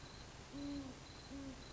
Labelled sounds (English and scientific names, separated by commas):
Great Horned Owl (Bubo virginianus)